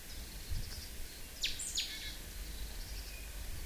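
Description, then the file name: Great tit calls: two sharp, high downward chinks about a third of a second apart, with faint bird notes and low rumble behind. "Parus major"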